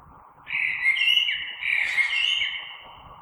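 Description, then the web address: Common blackbird song: loud, full fluty warbling in two connected phrases lasting about two seconds, with faint low background noise. Recorded 3 March 2020. "oiseaux Merle 2020 03 03"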